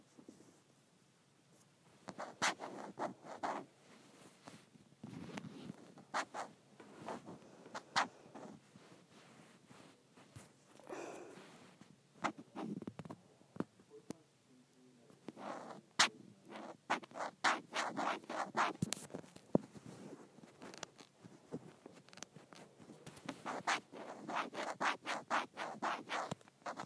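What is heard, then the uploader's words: Someone scrapes an iPad case in irregular bursts of rasping, scratchy strokes and sharp ticks, busiest after about fifteen seconds, with brief quiet gaps. ASMR Scraping the Case of my iPad.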